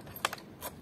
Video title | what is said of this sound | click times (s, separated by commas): Affordable Best 21 Gears MTB Electric bike Below 30k - Voltebyk Ultra Battery cycle Customer Review | మళ్ళీ battery అనేది lock అయిపోతుంది దాన్ని ఎవరు తీయలేరు మళ్ళీ | 0.2 s